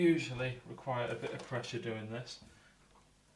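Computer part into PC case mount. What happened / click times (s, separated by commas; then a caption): Handled, not yet home: no seating click yet / none. Someone talks while handling a computer part being fitted into a PC case mount, and the voice trails off into near silence after about 2.5 seconds. Nothing has seated or clicked yet; the part is not yet home.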